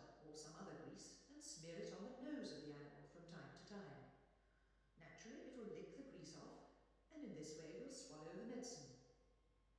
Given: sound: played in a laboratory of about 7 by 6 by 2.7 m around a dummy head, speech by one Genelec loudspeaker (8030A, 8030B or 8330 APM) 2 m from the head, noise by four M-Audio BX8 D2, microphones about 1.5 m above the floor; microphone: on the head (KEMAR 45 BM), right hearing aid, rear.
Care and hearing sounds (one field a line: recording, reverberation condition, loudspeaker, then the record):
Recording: female speech in English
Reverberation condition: high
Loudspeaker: in front (0 degrees)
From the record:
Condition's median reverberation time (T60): about 1300 ms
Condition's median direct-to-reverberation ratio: about -4.0 dB